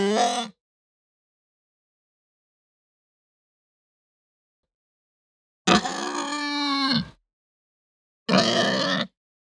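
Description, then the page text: Hampshire pig grunts: a short rough grunt, a long pause, then a drawn-out harsh mumbling grunt and a final brief grunt. "Hampshire Pig Grunt Mumble. Quick Sounds"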